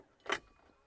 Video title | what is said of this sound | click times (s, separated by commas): 2024 Mercedes Maybach EQS 680 SUV: Ultimate Luxury EV! | famous champagne glasses which have such a satisfying click and release | 0.3 s